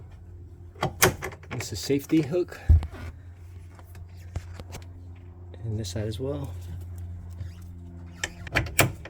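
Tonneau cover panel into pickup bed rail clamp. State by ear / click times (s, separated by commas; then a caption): seated / 8.8 s. A LOMAX Stance tri-fold tonneau cover section is lowered onto the bed rails of a 2025 Hyundai Santa Cruz pickup while someone talks, with a few sharp knocks near the start. The panel latches down into the rail clamp with a click at 8.8 s, seated in place.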